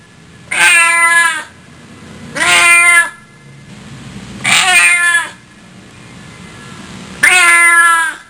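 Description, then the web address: Cat meowing: four long, drawn-out meows, each about a second long, with pauses between them. "Soundsation. Animals Cat"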